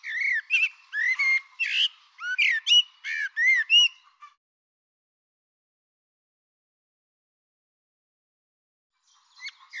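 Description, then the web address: Bird song in a four-second run of varied whistles and sharp chirps, then a long silence before a few notes return at the end. "Deverinetal Bird Tu Me Tu Me"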